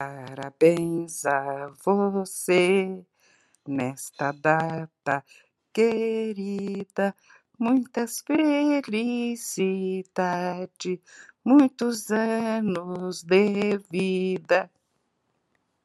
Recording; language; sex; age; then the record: short text; Brazilian Portuguese; female; 60 to 69 years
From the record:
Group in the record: control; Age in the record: 67 years